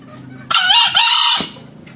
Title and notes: Kokok Ayam Hutan. MASTERAN AYAM HUTAN HIJAU YANG MACET BUNYI WAJIB NYAUT. Pemikat Ayam Hutan